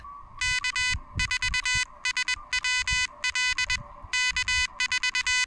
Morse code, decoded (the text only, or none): K4SWL K4